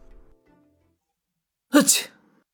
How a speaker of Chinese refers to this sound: 皇宫里，赵真打了个喷嚏，揉了揉鼻子。